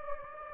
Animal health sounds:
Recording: mosquito wingbeat signal from an infrared sensor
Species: Anopheles gambiae

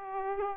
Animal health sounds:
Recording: mosquito wingbeat signal from an infrared sensor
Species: Aedes aegypti

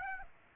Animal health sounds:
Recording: mosquito wingbeat signal from an infrared sensor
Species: Aedes aegypti

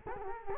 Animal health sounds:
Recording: mosquito wingbeat signal from an infrared sensor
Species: Culex quinquefasciatus

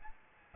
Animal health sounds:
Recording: mosquito wingbeat signal from an infrared sensor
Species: Aedes albopictus

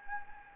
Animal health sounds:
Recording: mosquito wingbeat signal from an infrared sensor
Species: Anopheles gambiae

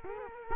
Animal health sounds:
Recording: mosquito wingbeat signal from an infrared sensor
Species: Culex quinquefasciatus

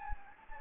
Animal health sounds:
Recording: mosquito wingbeat signal from an infrared sensor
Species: Anopheles gambiae

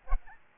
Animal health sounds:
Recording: mosquito wingbeat signal from an infrared sensor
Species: Aedes albopictus

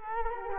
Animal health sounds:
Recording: mosquito wingbeat signal from an infrared sensor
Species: Culex quinquefasciatus

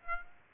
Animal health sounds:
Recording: mosquito wingbeat signal from an infrared sensor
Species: Aedes aegypti

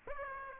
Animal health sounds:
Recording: mosquito wingbeat signal from an infrared sensor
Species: Aedes aegypti

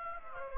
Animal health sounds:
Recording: mosquito wingbeat signal from an infrared sensor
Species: Aedes aegypti

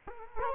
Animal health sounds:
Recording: mosquito wingbeat signal from an infrared sensor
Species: Culex quinquefasciatus

